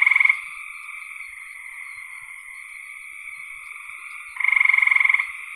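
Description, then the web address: Frog calls: a brief pulsed trill at the start and another near the end, separated by a steady droning buzz. "cn frogs"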